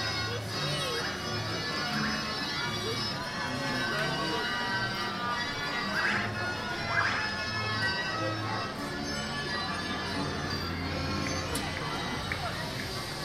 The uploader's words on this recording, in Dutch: Koninginnekermis "Queens fair", Lange Voorhout, Den Haag. The Queens fair, an annual fair that takes place around Queens day (April 30th) on the Lange Voorhout and the Lange Vijverberg in The Hague. De Haagse Koninginnekermis, elk jaar rond Koninginnedag op het Lange Voorhout en de Lange Vijferberg.